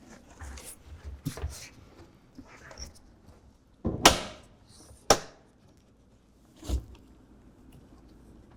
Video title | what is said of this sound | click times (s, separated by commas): How to Install RealTruck BAKFlip MX4 (Gen3) on a 2023 Ford F-250 Superduty | As they're clicking in place, make sure they're centered as you go. | 4.1 s, 5.1 s